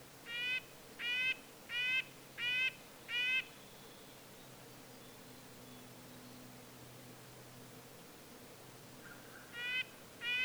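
Red-breasted nuthatch with a quick run of five short nasal toots, a long quiet gap of several seconds, then two more toots at the end.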